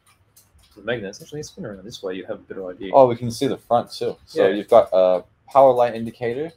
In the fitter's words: that controls it controls the speed and direction so you just pop this on you hear the the snap of the magnets